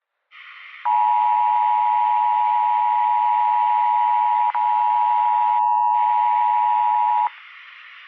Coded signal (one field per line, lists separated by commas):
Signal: Emergency Alert System (SAME) tones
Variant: 853 and 960 Hz attention tone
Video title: Egipto EAS Escenario 1999 (Ficticio)